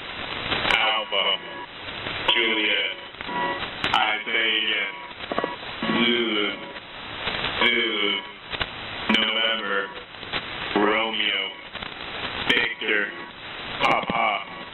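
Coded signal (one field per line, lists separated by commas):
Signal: coded military voice message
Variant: HFGCS Emergency Action Message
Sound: a voice over radio reading short spoken groups, with brief static pauses between phrases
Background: radio static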